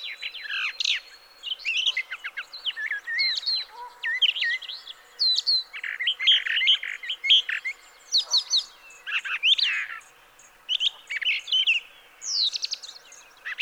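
Brown thrasher song: varied, rapid phrases of chirps and slurs, with short gaps between.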